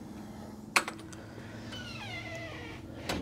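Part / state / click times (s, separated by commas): door latch bolt into door frame strike plate / seated / 0.8 s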